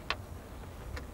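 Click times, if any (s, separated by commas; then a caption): none. A plastic air filter housing cover clip is handled onto the air box after a clean air filter has been put in and the housing lined up. Two short, sharp ticks are heard at about 0.1 s and 1.0 s, the first louder, over a low steady background. Nothing has seated or clicked home yet.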